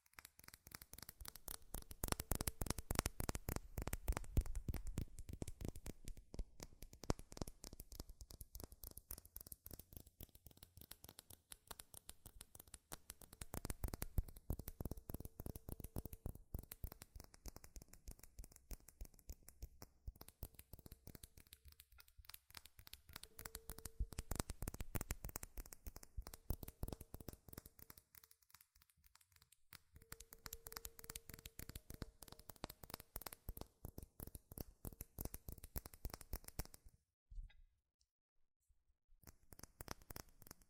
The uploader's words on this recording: ASMR FAST & FURIOUS TAPPING Metal Sounds (No Talking).